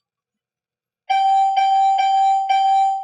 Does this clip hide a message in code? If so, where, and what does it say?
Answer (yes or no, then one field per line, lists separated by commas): no